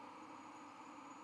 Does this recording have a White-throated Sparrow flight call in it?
no